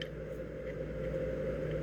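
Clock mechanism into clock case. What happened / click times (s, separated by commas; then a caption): The mechanism snapped into its housing / 0.0 s. A replacement pendulum clock movement is pressed into its clock case, nose end first, and snaps into place with a short sharp hit at 0.0 seconds. A steady low droning hum fills the rest of the clip, and the movement is seated.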